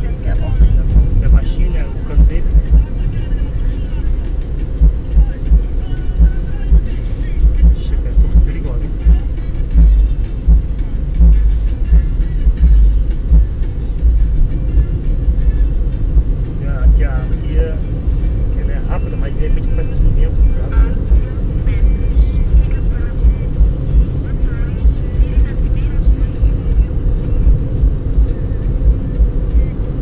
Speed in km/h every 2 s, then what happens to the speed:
66, 65, 63, 56, 51, 50, 49, 51, 59, 64, 67, 68, 67, 68, 73.
0-9 slows to 50. 13-30 speeds up to 73.